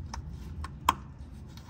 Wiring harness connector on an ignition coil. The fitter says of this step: pull that up out of the way and there's a clip you press on that clip should hear a click